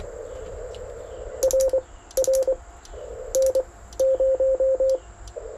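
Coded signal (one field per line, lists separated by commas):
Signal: Morse code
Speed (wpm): 23 wpm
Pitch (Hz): 530 Hz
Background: none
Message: R R N 0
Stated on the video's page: CW field activation testing a homebrew 40m quarter-wave vertical, contacts on 40m, plus 20m CW on an MFJ 2010 off-center dipole.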